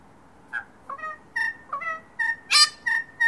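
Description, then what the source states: Red Wattlebird calling with clipped nasal notes, broken by one loud rasping, grating burst, in a rapid series. Loud, distinctive call of harsh, grating and melodious notes, often repeated in a pattern to establish and defend territories; recorded at Merry Creek, Melbourne, Australia.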